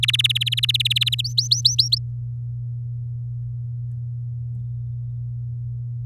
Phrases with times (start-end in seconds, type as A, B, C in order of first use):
0.03-1.22 A, 1.24-1.98 B